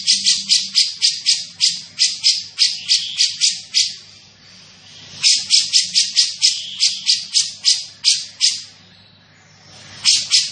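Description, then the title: Grey-cheeked bulbul giving fast series of scratchy, high chattering notes, one long pause midway and another before a final burst. Bird singing persistently (gacor); voice described as dense and clear. "Cucak Jenggot Gacor, Suara Rapat Dan Jernih"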